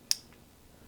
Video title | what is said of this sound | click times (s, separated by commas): Meridian Plus Trimmer Review | all right you hear one click now you can't push it down until you push this button in then | 0.1 s